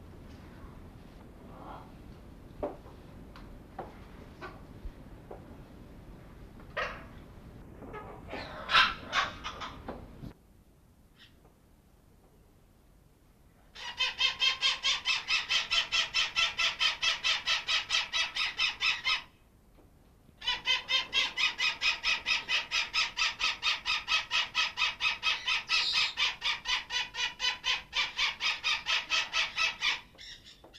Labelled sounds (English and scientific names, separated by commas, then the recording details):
Green Parakeet (Aratinga holochlora) call
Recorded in captivity
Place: Zoo Gelsenkirchen, Nordrhein-Westfalen, DE
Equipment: Halbspur, 9,5 cm/s
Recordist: Lütgens, Hans